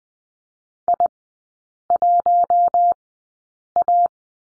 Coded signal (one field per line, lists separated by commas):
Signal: Morse code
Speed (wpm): 20 wpm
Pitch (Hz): 700 Hz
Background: none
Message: I1A